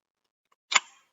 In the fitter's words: magnetic cap so that's always good um you heard it snap into place